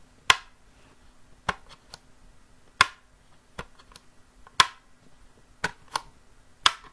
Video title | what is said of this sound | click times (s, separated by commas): How I Designed a Photo Frame to be 3D Printable (No Support Material or Assembly Required) | a really satisfying click | 0.3 s, 2.8 s, 4.6 s, 6.7 s